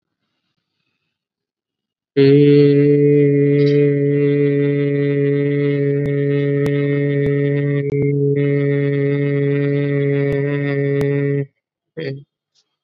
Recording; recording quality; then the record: sustained vowel as in made; excellent, no background noise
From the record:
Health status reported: COVID-19 positive, mild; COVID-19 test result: positive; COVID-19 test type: RT-PCR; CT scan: not taken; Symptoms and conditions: cough, fever, fatigue, muscle pain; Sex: male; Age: 39 years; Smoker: yes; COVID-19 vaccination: both doses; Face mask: worn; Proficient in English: yes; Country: India